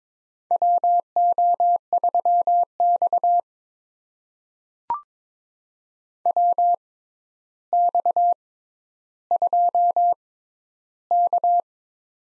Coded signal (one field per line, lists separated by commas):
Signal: Morse code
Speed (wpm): 22 wpm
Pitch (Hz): 700 Hz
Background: none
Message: WO3X WX2K